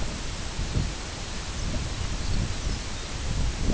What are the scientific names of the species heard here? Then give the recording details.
Calcarius lapponicus. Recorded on Arctic tundra, site IGLO-B, on 22 June 2018. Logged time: 21:59